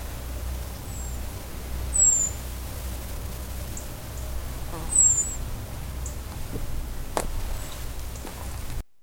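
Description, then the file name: European robin calls: thin, very high, short descending notes, two clear ones about three seconds apart and a fainter one, over a steady low rumble with a few faint clicks. "Erithacus rubecula"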